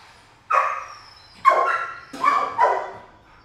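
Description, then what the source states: Dog barks, three loud harsh barks roughly a second apart, the last one doubled. Dog barking in a kennel, recorded from different perspectives in a roomy, quiet room.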